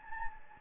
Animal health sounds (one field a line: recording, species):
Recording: mosquito wingbeat signal from an infrared sensor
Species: Anopheles gambiae